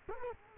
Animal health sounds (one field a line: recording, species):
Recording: mosquito wingbeat signal from an infrared sensor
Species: Culex quinquefasciatus